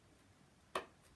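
The top piece of a small craft Christmas house is popped on and pushed down, and it clicks into place with one sharp click at 0.8 s over quiet background. A faint tick follows near 1.2 s, and the top is seated.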